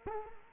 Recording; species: mosquito wingbeat signal from an infrared sensor; Culex quinquefasciatus